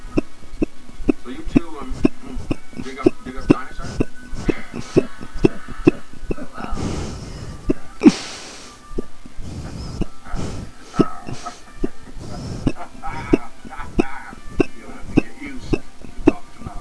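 Hiccups (singultus) in an adult, coming really fast: sharp, brief hiccup sounds repeating in rapid succession.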